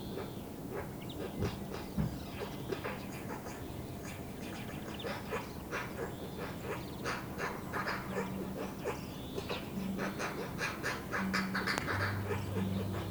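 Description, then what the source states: Eurasian Magpie calls: harsh, dry chattering notes in loose, uneven bursts over a steady low hum. Field recording from Finland, released on cassette in 1987.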